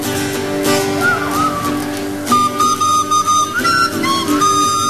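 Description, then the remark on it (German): Whistling carries a wavering melody line along with steady instrumental music underneath, the whistled notes sliding and holding at a moderate, fairly loud level with no talking. “Pfeifen, nicht?”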